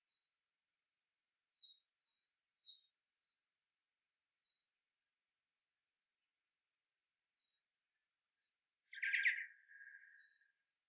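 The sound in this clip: Bat calls as brief descending high chirps in loose clusters, with a pause mid-way and a short rasping, lower-pitched burst near the end.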